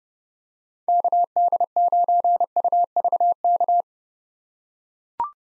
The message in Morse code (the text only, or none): KD9UVK